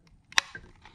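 A Nayax VPOS Touch credit card reader's cable end is pushed into a small connection port inside a combo vending machine, which sometimes takes a little force. After a faint tap, a sharp snap at 0.4 s marks the connector popping into place, followed by softer handling sounds. The connector is seated.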